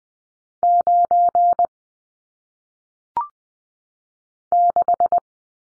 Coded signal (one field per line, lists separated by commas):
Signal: Morse code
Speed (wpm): 20 wpm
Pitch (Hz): 700 Hz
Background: none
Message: 9 6